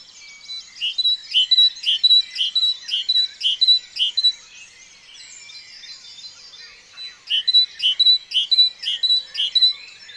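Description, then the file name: Great tit singing see-sawing two-note phrases, repeated in two strophes separated by a pause. "Parus major"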